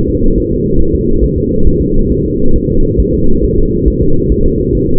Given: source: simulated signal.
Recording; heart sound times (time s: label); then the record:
fetal heart sounds
0.10 s: S2
0.38 s: S1
0.52 s: S2
0.81 s: S1
0.95 s: S2
1.24 s: S1
1.38 s: S2
1.67 s: S1
1.81 s: S2
2.12 s: S1
2.26 s: S2
2.56 s: S1
2.70 s: S2
3.00 s: S1
3.14 s: S2
3.44 s: S1
3.59 s: S2
3.88 s: S1
4.02 s: S2
4.32 s: S1
4.46 s: S2
4.75 s: S1
4.89 s: S2
From the record:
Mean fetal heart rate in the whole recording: 140 bpm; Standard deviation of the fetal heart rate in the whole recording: 2 bpm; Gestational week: 34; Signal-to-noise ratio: -19.1 dB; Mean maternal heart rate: 72 bpm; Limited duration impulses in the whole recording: present